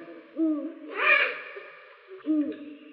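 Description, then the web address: Eurasian eagle-owl hoots: two short, low hooting notes that bend up then down, about two seconds apart, with a brief raspy hiss between them. "Bubo bubo"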